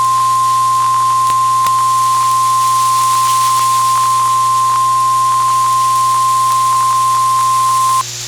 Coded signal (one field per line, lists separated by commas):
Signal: Emergency Alert System (SAME) tones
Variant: 1050 Hz attention tone